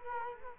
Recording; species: mosquito wingbeat signal from an infrared sensor; Culex quinquefasciatus